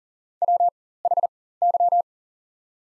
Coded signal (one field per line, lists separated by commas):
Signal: Morse code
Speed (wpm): 38 wpm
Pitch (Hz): 700 Hz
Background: none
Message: WHY